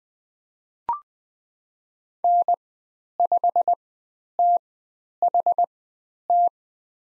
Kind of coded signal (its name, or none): Morse code